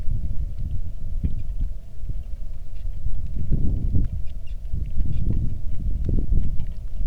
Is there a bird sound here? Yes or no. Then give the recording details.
no. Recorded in the Arctic National Wildlife Refuge, Alaska, on 3 August 2019 at 09:57. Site 46